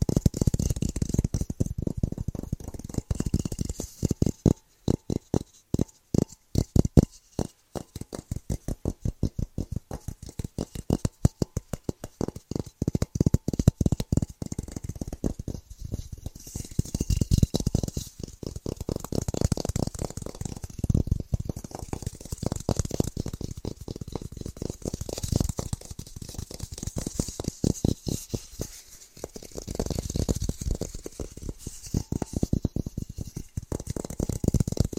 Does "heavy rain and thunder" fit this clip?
no